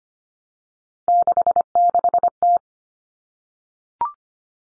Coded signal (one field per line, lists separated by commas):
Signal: Morse code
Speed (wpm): 25 wpm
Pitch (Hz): 700 Hz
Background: none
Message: 66T